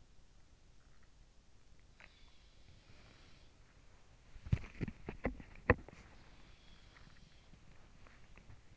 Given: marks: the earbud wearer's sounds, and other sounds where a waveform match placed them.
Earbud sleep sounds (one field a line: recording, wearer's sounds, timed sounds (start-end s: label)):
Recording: sounds in sleep by an in-ear microphone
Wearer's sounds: swallowing, body movement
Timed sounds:
1.06-2.42 s: swallowing
2.62-8.77 s: body movement